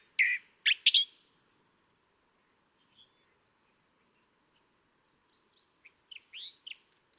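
California thrasher song: a few loud harsh chattering notes at the start, then a long pause before softer, varied chirped phrases near the end.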